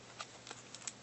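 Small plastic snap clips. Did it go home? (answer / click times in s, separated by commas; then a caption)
released / 0.2 s, 0.5 s, 0.8 s, 0.9 s. A plastic pry tool is worked along the seam of a Gemei 4GB MP4 player's plastic case to pop the snap clips holding the case half. Four sharp clicks sound at about 0.2, 0.5, 0.8 and 0.9 seconds over a quiet background, and the snap clips release.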